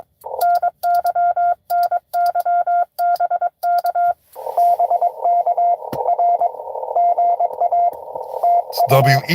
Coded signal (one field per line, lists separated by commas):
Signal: Morse code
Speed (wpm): 21 wpm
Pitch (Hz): 690 Hz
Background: speech, radio noise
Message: NY NY BK BK R GA TU